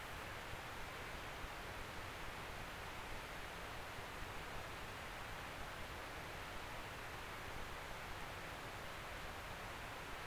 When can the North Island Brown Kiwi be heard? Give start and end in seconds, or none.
none